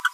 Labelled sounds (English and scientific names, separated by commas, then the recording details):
Green-rumped Parrotlet (Forpus passerinus) babbling
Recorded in a nest box in Venezuela
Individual 18B25A4